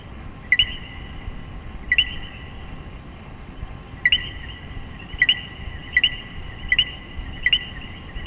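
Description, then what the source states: Common coquí calling, a sharp two-note co-QUI with the second note higher, given seven times at uneven intervals over a steady low background hiss. Puerto Rico.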